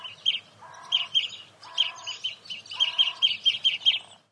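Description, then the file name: European greenfinch calling with bright, rapid twittering chirps in quick bursts, alongside a few lower, drawn-out notes. "Chloris chloris"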